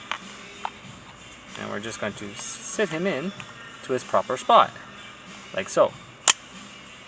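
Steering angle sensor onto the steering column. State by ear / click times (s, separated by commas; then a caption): seated / 6.3 s. A steering angle sensor on a 2011 Kia Sorento is set into its proper spot on the steering column and pushed down while someone talks. A single sharp click at 6.3 seconds marks the sensor seating in place.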